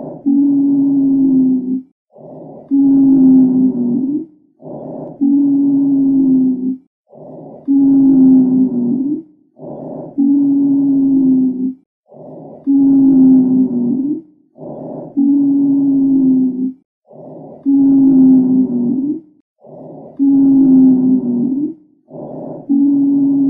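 Lung sounds heard through a stethoscope: regular breath cycles at about 12 per minute, each carrying a steady, low-pitched musical whistle through exhalation. This is expiratory wheezing, a continuous musical sound caused by air forced through narrowed airways.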